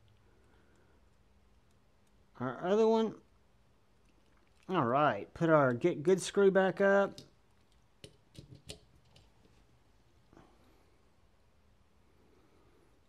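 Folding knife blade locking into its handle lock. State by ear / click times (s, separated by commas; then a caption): not seated / none. Someone talks while handling a titanium folding pocket knife whose blade locks open into its handle lock, followed by a few faint, sharp handling ticks and taps around 8 to 10 seconds. The blade has not yet locked into the handle, and nothing has seated or clicked by the end of the clip.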